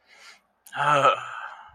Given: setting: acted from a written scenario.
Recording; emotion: vocal sound without words; disappointment